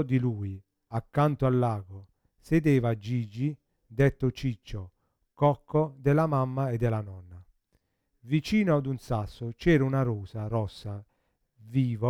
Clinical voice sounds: read passage; Italian; male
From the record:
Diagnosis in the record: Parkinson's disease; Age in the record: 50 years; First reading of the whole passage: 72 s, 7.2 characters per second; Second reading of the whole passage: 54 s, 9.6 characters per second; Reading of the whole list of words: 40 s, 7.1 characters per second

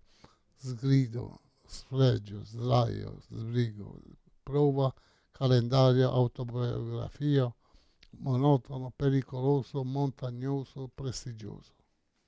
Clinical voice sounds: read list of words; Italian; male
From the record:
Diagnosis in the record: Parkinson's disease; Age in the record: 68 years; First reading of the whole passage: 85 s, 6.1 characters per second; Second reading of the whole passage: 63 s, 8.2 characters per second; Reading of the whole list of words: 49 s, 5.8 characters per second

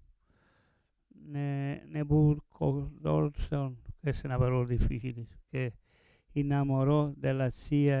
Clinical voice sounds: read passage; Italian; male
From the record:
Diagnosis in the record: Parkinson's disease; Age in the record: 70 years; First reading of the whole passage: 112 s, 4.6 characters per second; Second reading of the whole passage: 107 s, 4.9 characters per second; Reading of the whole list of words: 68 s, 4.1 characters per second

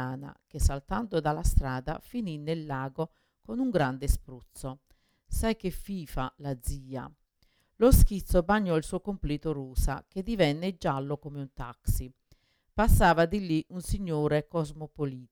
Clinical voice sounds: read passage; Italian; female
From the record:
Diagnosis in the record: Parkinson's disease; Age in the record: 61 years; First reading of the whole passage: 53 s, 9.7 characters per second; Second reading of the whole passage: 51 s, 10.1 characters per second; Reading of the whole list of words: 49 s, 5.7 characters per second

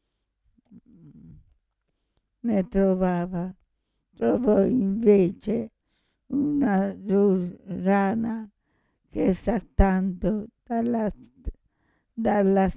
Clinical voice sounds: read passage; Italian; female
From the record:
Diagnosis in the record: Parkinson's disease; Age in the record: 65 years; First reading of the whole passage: 242 s, 2.1 characters per second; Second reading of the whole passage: 180 s, 2.9 characters per second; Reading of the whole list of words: 168 s, 1.7 characters per second

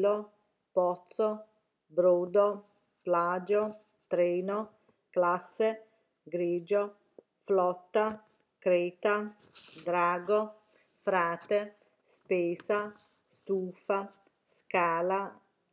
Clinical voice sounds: read list of words; Italian; female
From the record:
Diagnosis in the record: healthy control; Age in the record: 61 years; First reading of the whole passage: 59 s, 8.5 characters per second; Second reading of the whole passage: 54 s, 7.6 characters per second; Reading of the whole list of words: 57 s, 4.9 characters per second

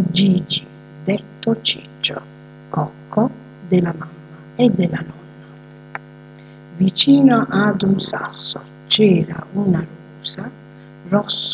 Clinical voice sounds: read passage; Italian; female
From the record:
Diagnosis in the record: healthy control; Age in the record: 62 years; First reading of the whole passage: 101 s, 4.7 characters per second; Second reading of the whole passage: 77 s, 5.9 characters per second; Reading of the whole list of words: 66 s, 3.9 characters per second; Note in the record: marked for poor recording quality or reading difficulty

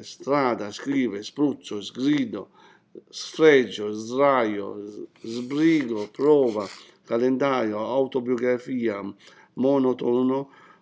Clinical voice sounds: read list of words; Italian; male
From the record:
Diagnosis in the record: healthy control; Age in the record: 60 years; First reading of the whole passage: 60 s, 8.3 characters per second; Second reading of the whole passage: 54 s, 9.4 characters per second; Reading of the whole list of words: 38 s, 7.2 characters per second

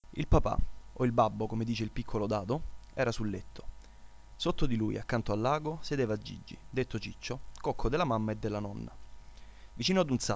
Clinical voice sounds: read passage; Italian; male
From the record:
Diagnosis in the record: healthy control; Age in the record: 20 years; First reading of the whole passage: 40 s, 12.9 characters per second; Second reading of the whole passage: 40 s, 12.9 characters per second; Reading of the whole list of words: 47 s, 6.0 characters per second

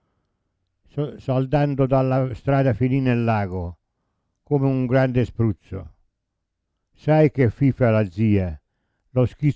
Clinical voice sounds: read passage; Italian; male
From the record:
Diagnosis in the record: Parkinson's disease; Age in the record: 70 years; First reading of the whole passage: 65 s, 7.9 characters per second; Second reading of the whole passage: 60 s, 8.6 characters per second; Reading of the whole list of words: 48 s, 5.8 characters per second

